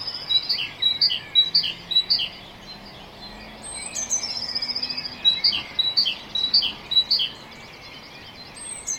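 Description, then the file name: Great tit song: ringing two-note phrases, high then lower, repeated rapidly in two bursts, with a faint high whistle and soft background hiss. "Parus major"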